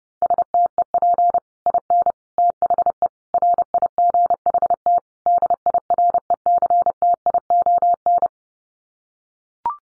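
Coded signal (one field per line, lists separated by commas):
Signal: Morse code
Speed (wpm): 30 wpm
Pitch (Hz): 700 Hz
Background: none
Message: STEP IN THE RIGHT DIRECTION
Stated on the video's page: Morse code practice for head-copying five-word sets at 30 wpm.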